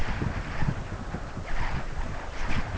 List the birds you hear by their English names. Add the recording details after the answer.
none. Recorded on Arctic tundra, site UTQI-5, on 12 June 2019. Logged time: 08:00